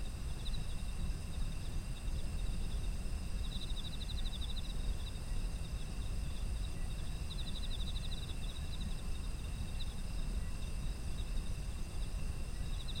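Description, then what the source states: Insect chorus: continuous high shrill tones with short bursts of pulsed trilling every few seconds, over a heavy low background rumble. Autumn insects, ambient environmental sound.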